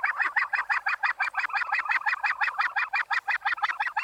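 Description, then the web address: Australasian gannet harsh cackling calls, rapid grating pulses in an even, steady series throughout. "australasian gannet. takapu"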